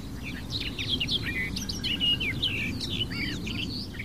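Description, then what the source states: Barred warbler giving a lively, chattering song of jumbled high notes, short whistled slurs and trills in quick succession, against a low background hum. Wild bird singing a babbling, melodious, chattering yet full song while perched in the open and visible.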